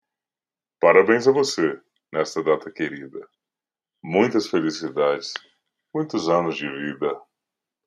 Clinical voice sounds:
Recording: short text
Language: Brazilian Portuguese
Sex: male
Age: 30 to 39 years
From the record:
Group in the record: control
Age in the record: 33 years

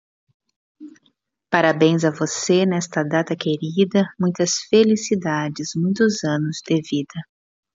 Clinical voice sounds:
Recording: short text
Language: Brazilian Portuguese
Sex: female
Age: 50 to 59 years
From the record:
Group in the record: control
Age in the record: 56 years

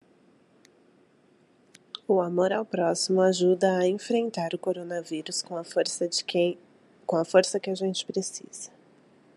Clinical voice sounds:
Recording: spoken sentence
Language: Brazilian Portuguese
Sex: female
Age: 30 to 39 years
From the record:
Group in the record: control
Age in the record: 31 years

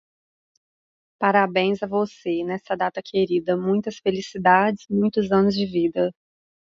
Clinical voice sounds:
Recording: short text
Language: Brazilian Portuguese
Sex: female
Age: 30 to 39 years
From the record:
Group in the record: control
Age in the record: 34 years

